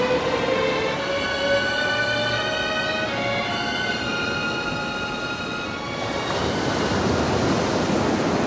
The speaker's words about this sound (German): Die Riffe sind scharf und wenn Sie in die Wellen hineinkommen, sind Sie verloren.